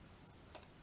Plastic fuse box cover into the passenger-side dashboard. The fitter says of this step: And that just locks it into place. Very simple.